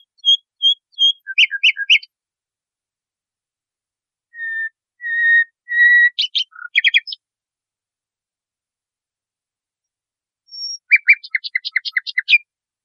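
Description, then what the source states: Nightingale song: phrases separated by pauses, with crisp notes, short whistles and quick trills, ending in a rapid rattling series. Masteran training song for teaching cage birds.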